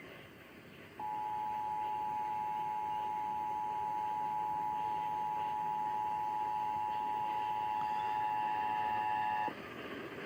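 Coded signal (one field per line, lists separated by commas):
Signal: Emergency Alert System (SAME) tones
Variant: 853 and 960 Hz attention tone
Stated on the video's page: Statewide required monthly test originated from the Ohio EOC, relayed by AM radio stations WLW, WHKW, WTAM and WCKY.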